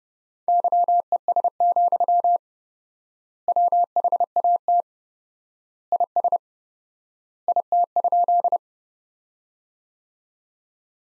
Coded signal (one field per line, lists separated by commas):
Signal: Morse code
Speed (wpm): 30 wpm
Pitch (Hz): 700 Hz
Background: none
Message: YES, WHAT IS IT?